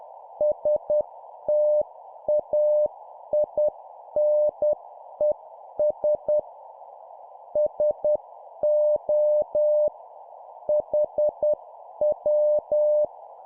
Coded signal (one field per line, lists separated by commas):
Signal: Morse code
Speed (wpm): 10 wpm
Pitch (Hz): 600 Hz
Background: none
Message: STAINES SO HW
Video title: 10wpm CQ contact Example QSO Template, CW morse code Copy Speed improvement